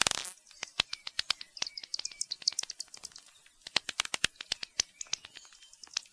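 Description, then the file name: Bat echolocation: rapid, sharp high clicks in an uneven stream, sometimes spaced, sometimes clustered. "Bats echolocation"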